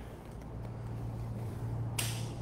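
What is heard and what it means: The hitch of one motorized dialysis cart is pushed into the coupling on a second cart until it latches, with clicks listened for to confirm full engagement. Over a steady low hum, a single sharp, bright click sounds at 2.0 s. The hitch is seated and the carts are coupled.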